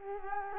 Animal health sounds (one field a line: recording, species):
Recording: mosquito wingbeat signal from an infrared sensor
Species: Culex quinquefasciatus